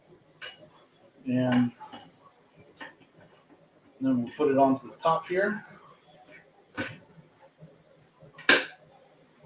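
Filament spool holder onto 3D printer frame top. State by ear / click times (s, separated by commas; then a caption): seated / 8.5 s. Someone talks while a plastic filament spool holder is pushed onto the top of a Bambu Lab A1 3D printer frame. A sharp click at 8.5 s marks the holder seating in place.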